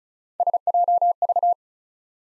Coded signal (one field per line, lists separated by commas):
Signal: Morse code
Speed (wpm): 36 wpm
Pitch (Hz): 700 Hz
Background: none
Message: SJV